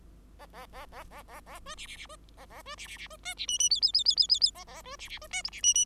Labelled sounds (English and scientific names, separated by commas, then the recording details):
Bengalese Finch (Lonchura striata domestica) song
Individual Bird5